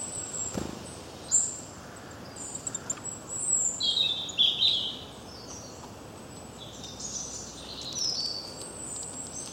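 Bird chirping: scattered high-pitched chirps and a brief twittering phrase midway, with faint hiss throughout.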